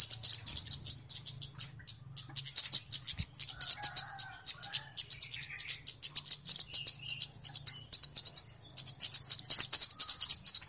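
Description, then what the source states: Flowerpecker calls: a long, unbroken stream of high, dry ticks that turns into a faster, rattling trill near the end. Clear calls used as a lure for catching birds; Indonesian names kemade and cabe-cabean.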